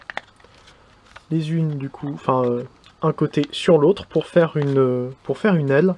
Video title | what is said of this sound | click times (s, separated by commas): (FR) Titan OMEGA SUPREME review (Transformers Siege) | est donc là ça vient se clipser en plusieurs endroits à l'intérieur les | 0.1 s, 0.2 s